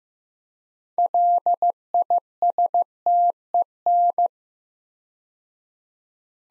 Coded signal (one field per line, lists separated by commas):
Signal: Morse code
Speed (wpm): 15 wpm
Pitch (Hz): 700 Hz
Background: none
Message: LISTEN